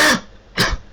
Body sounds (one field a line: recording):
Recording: coughing mixed with background sound